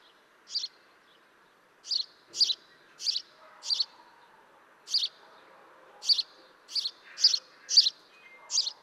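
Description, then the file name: House sparrow giving short, bright chirps, about eleven single notes spaced irregularly, some close together and some with longer pauses, over faint background noise. "Passer domesticus"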